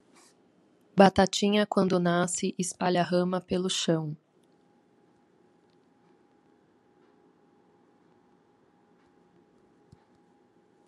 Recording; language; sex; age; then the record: short text; Brazilian Portuguese; female; 30 to 39 years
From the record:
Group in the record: control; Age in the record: 39 years